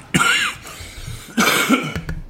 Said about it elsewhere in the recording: I'm still dying. I'm, like, almost 100% positive it's not strep, just because I don't have a fever, and I have a cough. I was having trouble swallowing yesterday.